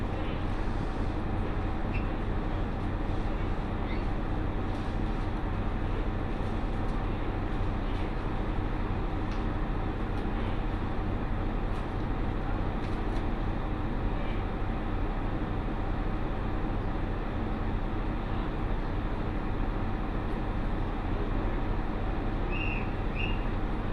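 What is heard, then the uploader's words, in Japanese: A ride on the Mizushima Rinkai Railway, Kurashiki to Mitsubishi Jikō-mae, with a steady, dense rumble of the train running throughout at an even level. A low hum and a faint mid tone sit under the noise, and brief soft squeaks come near the start and end. 耳で楽しむ鉄道旅 水島臨海鉄道 倉敷市→三菱自工前。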